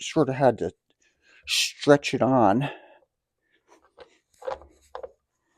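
A rubber air filter element is handled and stretched over its mounting flange on a motorcycle airbox while someone talks. Faint handling and rubbing sounds follow the speech. Nothing has seated or clicked into place yet.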